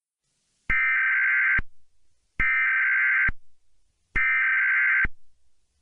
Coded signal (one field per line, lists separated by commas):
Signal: Emergency Alert System (SAME) tones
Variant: header bursts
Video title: EAS Scenario - The Zodiac Killer's Return (Broken Edition)